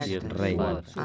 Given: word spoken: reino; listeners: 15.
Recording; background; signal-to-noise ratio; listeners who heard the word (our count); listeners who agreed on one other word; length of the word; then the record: one Spanish word in noise, from a listening test; four-talker babble; -0.3 dB; 2 of 15; 8 of 15; 0.65 s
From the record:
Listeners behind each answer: 8, 3, 2, 1, 1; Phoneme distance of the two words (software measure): 14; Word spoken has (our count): 2 syllables, 5 phonemes, stress on syllable 1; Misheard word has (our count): 1 syllable, 3 phonemes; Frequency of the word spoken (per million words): 53.04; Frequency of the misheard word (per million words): 143.59